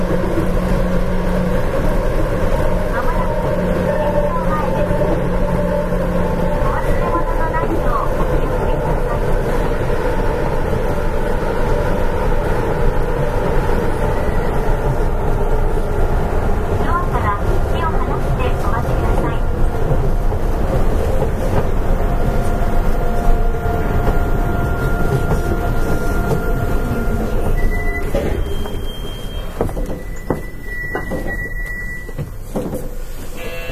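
An Astram Line 6000 train runs with a steady low rumble and whine, tones shifting near the end amid brief clicks and faint voices.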